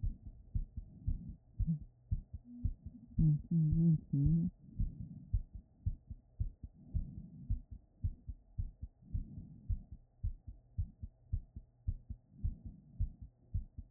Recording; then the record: heart sounds by stethoscope after running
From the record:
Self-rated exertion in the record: moderate exertion (3 of 6); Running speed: 5 mph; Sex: female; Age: 53 years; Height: 160 cm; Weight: 54 kg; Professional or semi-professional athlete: no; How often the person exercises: 3 to 5 times a week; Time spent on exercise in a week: 1 to 2 hours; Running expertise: no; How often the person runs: 3 to 5 times a week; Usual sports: running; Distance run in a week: 15 km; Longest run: 42 km